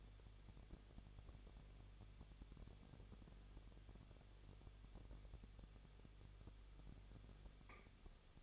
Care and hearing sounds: daily activity, microphone in the room; no activity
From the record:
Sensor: 4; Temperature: 23.1 degrees Celsius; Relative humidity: 34.1%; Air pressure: 1007.2 hPa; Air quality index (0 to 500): 215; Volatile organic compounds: 15 ppm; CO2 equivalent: 2484 ppm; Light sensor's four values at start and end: 2/3/1/1 and 2/3/1/1

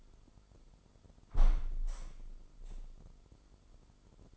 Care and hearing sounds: daily activity, microphone in the room; close window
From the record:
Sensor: 5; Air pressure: 995.8 hPa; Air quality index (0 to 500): 101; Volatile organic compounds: 6 ppm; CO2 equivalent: 1937 ppm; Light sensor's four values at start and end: 40/97/39/41 and 40/97/39/41

